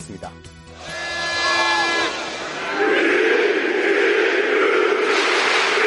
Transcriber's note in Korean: 녹취: 축구장 관중 함성